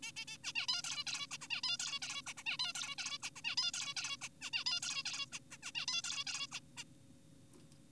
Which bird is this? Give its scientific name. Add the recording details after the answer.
Taeniopygia guttata. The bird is an adult. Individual g4p5U